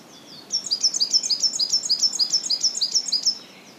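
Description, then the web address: Coal tit delivering a fast, high-pitched series of repeated two-note phrases, evenly paced, lasting about three seconds. "izumino saunndo higara"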